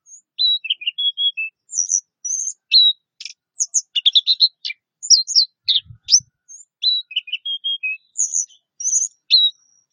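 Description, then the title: Orange-headed thrush song, a continuous varied stream of whistled slurs, buzzy notes and high sweet chirps, phrases repeating with little pause. "Anis Merah"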